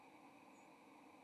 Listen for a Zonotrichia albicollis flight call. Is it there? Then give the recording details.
yes. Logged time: 06:54 on 30 October 2014